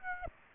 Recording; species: mosquito wingbeat signal from an infrared sensor; Aedes aegypti